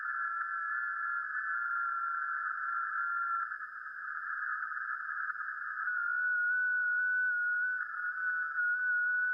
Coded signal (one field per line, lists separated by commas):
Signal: FT8